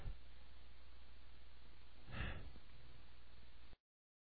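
A single short, explosive burst of air lasting under half a second, rising out of a steady low hum, with no lead-in breaths or repeats: one brief adult male sneeze.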